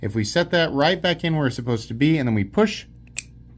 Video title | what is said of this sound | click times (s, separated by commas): SO COOL!!! - THIS KNIFE HAS SECRETS! | now we've clicked it back into place, and it's not going to come back out. | 3.2 s